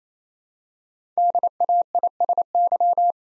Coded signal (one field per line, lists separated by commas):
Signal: Morse code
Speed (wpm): 27 wpm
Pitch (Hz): 700 Hz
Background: none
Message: DAISY